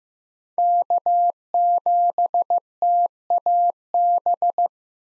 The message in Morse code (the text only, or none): K7TAB